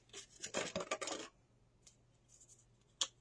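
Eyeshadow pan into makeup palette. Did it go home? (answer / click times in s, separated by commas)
yes / 3.0 s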